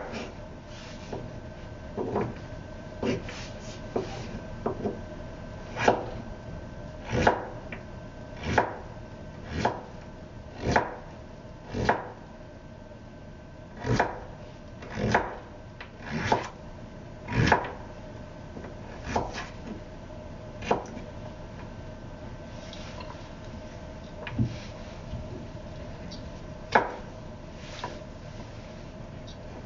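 Vegetables are chopped for curry, sharp knife strikes on a board landing about once a second, unevenly spaced, over a steady low hum.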